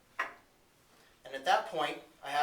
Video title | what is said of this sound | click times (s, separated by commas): Windsor Chariot ATV Training | I'm going to rotate it until I hear a clip. | 0.2 s